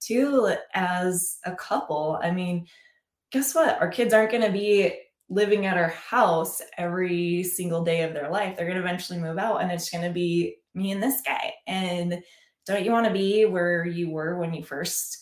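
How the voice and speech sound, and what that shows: A woman talks in a relaxed, conversational way at a steady pace, with natural pitch movement and brief pauses between phrases. Her voice is clear, with no hoarseness and no stuttering or slurring. Ordinary adult speech with no sign of a speech disorder.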